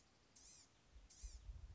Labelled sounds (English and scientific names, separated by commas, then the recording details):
Blue-gray Gnatcatcher (Polioptila caerulea)
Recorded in Sonoma County, California